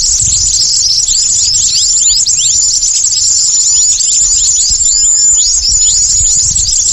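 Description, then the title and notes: Bird calls fill the sound: crowded high chirps and short descending slurs, unbroken, with a thin level whistle. Lure calls for attracting stubborn, wary birds that are hard to approach. "Suara Burung Bandel Yang Susah Mendekati. Kompilasi Suara Pikat Burung"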